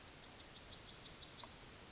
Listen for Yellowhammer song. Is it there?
yes